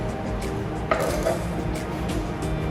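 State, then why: Torque reached. A torque wrench tightens a housing bolt on a plastic 2-inch Wilden air-operated double-diaphragm pump, with the bolts done in a crossing pattern. Against steady background noise, the wrench gives one sharp click at 0.9 s, followed by a fainter tap near 1.3 s. The click means the wrench has reached its torque setting.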